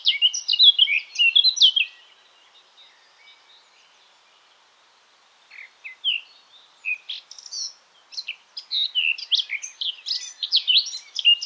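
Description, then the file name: Eurasian blackcap bursts into a quick warble, falls quiet apart from scattered single notes, then resumes a dense, twittering song for the final seconds. "Sylvia atricapilla"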